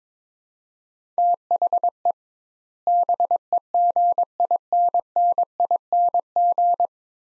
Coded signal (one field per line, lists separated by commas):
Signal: Morse code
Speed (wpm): 21 wpm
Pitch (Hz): 700 Hz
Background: none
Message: THE BEGINNING